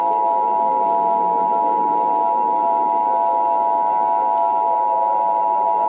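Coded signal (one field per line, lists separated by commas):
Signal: Emergency Alert System (SAME) tones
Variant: 853 and 960 Hz attention tone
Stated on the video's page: Fictional EAS scenario, a simulated Halloween alert.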